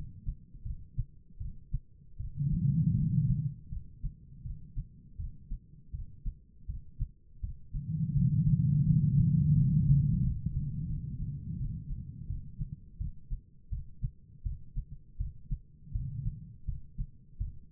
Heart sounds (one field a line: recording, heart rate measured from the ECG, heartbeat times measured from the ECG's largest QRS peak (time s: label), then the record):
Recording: heart sounds by stethoscope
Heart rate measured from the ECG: 82 bpm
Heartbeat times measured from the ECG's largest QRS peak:
0.63 s: heartbeat
1.38 s: heartbeat
2.18 s: heartbeat
2.95 s: heartbeat
3.70 s: heartbeat
4.43 s: heartbeat
5.17 s: heartbeat
5.92 s: heartbeat
6.67 s: heartbeat
7.41 s: heartbeat
8.14 s: heartbeat
8.85 s: heartbeat
9.54 s: heartbeat
10.21 s: heartbeat
10.87 s: heartbeat
11.57 s: heartbeat
12.27 s: heartbeat
12.98 s: heartbeat
13.70 s: heartbeat
14.43 s: heartbeat
15.17 s: heartbeat
15.92 s: heartbeat
16.65 s: heartbeat
17.38 s: heartbeat
From the record:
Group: healthy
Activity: rest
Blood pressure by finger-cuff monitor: 122/75 mmHg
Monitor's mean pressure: 95 mmHg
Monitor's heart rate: 81 bpm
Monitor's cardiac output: 6.2 L/min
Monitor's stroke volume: 73 mL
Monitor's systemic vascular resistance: 1140 dyn s/cm5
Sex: female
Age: 51 years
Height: 162 cm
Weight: 70.04 kg